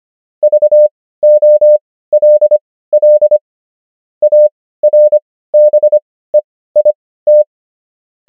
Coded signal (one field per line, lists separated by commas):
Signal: Morse code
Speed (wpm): 25 wpm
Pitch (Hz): 600 Hz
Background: none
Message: VOLL ARBEIT